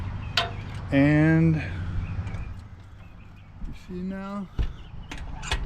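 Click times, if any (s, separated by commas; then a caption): 5.5 s. A latch on a car-hauler trailer, repaired by drilling out its worn holes and fitting small half-inch bolts with lock nuts, is shut while someone talks over a steady low hum. A few short knocks come near the end, and the latch locks in place with a sharp click at 5.5 seconds.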